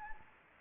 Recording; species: mosquito wingbeat signal from an infrared sensor; Anopheles arabiensis